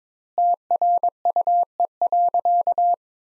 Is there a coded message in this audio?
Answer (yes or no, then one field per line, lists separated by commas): yes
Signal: Morse code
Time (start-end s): 0.4-2.9 s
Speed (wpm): 22 wpm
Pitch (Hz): 700 Hz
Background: none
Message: TRUE.